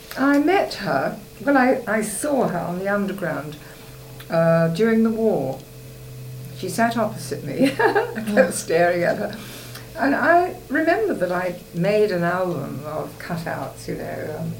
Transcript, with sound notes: I met her, well I saw her on the Underground, eh, during the war. She sat opposite me. [laughs]
Ah!
I kept staring at her. And I remembered that I'd made an album of cut-outs, you know.